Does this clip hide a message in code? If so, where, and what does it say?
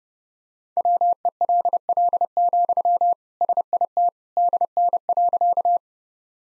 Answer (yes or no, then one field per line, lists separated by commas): yes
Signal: Morse code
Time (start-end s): 0.8-5.8 s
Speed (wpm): 30 wpm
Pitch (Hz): 700 Hz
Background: none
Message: WELL, SIT DN.